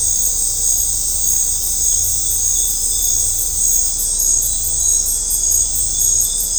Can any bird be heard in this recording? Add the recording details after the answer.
no. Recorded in dense forest near Puerto Asís, Putumayo, Colombia, on 18 December 2024 at 19:00. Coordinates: 0.503, -76.323. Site G043